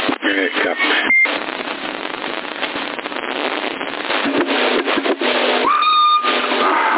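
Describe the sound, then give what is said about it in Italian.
Loud, harsh static hiss roars steadily from a CB radio in Sassari, November 2021, with low signals, for the whole stretch, crackling with bursts and garbled fragments, and a few rising high-pitched whistles squeal near the end. “Uscendo, fruscio allucinante, io.”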